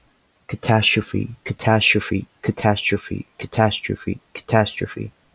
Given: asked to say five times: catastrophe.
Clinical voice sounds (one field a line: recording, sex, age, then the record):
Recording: repeated word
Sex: male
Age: 20 to 29 years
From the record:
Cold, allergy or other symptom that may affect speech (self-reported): no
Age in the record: 22 years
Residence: Georgia, United States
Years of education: 16